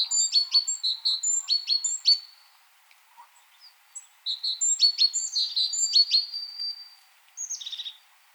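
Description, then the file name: Great tit producing quick strings of high chinks and clear whistled notes in two bursts, ending with a brief descending note. "Parus major"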